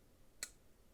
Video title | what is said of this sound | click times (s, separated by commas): Jungle Knife/Original Design ? Unbranded China Knife Is it any good ? | clicks right in place no blade play no lock Rock | 0.4 s